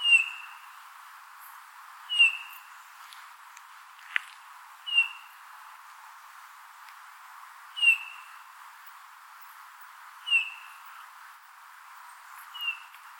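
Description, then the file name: Eurasian bullfinch giving plaintive piping whistles, six short notes spaced roughly every two to three seconds, with a faint click and low background hiss. Recorded at Guggenmühle on 5 September 2013. "Gimpel. Guggenmuehle. Matthias Bull"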